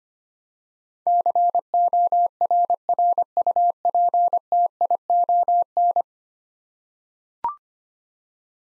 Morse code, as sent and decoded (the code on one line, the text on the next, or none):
-.-. --- .-. .-. ..- .--. - .. --- -.
CORRUPTION